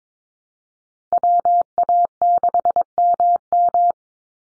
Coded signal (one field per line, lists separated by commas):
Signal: Morse code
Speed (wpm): 22 wpm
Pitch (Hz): 700 Hz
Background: none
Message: WA6MM